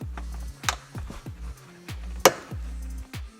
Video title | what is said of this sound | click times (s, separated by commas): TURN YOUR F30 “OH SH*T” HANDLE INTO A GLASSES COMPARTMENT! | you're gonna see these two little plastic pieces in the kit they'll snap right in but | 0.7 s, 2.2 s